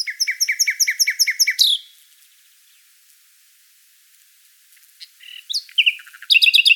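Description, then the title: Common nightingale song: a loud run of repeated ringing notes, a pause, then a new phrase of mixed notes ending in rapid repetitions. "Sylvain Jaskowiak - Mes piafs. Rossignol Philomèle"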